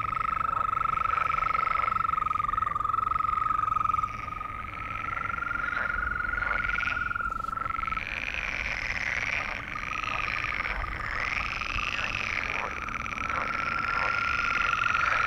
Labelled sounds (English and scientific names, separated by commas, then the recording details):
Green Toad (Bufo viridis) call
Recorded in the wild
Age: adult
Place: Malchower Aue, Berlin, DE
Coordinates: 52.5817, 13.4869
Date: 1990-05-20 22:15
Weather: Temperatur: Luft - 8,5°C, Wasser - 17,5°C
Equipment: Uher 4400 Report Monitor, Sennheiser MKH 416 T
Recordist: Frommolt, Karl-Heinz